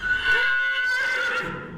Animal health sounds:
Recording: contact call of a hoofed animal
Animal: horse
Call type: whinny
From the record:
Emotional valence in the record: positive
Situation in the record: reunion with the whole group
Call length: 1.78 s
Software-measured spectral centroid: 2480 Hz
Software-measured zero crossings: 2910 a second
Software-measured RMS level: -24 dBFS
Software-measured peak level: -12 dBFS

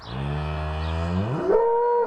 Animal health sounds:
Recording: contact call of a hoofed animal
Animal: cattle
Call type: low-frequency (closed-mouth) or high-frequency (open-mouth) call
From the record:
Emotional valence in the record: negative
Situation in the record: full separation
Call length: 2.1 s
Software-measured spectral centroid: 1050 Hz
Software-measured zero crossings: 1240 a second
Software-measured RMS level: -23 dBFS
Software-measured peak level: -9 dBFS

